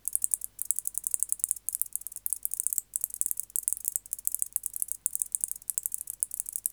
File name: Decticus albifrons